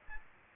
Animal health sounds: mosquito wingbeat signal from an infrared sensor; Aedes aegypti

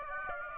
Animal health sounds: mosquito wingbeat signal from an infrared sensor; Aedes aegypti

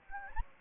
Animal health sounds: mosquito wingbeat signal from an infrared sensor; Anopheles gambiae

